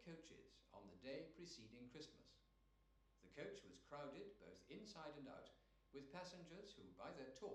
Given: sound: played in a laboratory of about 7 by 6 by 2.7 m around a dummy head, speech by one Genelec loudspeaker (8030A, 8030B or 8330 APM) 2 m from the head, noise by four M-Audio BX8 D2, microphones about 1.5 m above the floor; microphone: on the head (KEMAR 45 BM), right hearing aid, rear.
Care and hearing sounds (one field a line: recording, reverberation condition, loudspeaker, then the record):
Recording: male speech in English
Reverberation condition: medium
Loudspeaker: 150 degrees to the right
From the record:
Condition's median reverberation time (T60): about 510 ms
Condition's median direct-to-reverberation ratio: about -0.5 dB